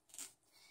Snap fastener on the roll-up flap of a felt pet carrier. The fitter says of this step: can see that pulls out and snaps into place here to keep that door